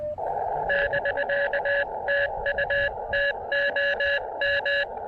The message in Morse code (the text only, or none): <BK> TU TOM